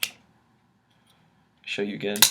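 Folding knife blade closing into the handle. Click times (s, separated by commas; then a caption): 0.0 s. A Sog Flash II folding knife's spring-assisted blade snaps closed into its handle, giving a sharp click at 0.0 s that fades quickly into quiet. The blade seats under the spring because of the assisted opening, and someone talks near the end.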